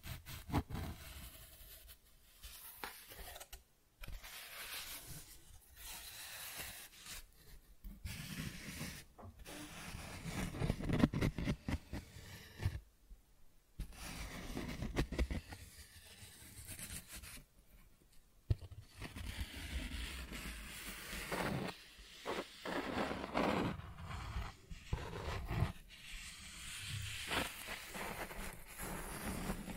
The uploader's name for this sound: Cardboard Scratching, Tracing, Tearing